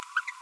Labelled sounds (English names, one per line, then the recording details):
Green-rumped Parrotlet babbling
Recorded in a nest box in Venezuela
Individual 18B25A3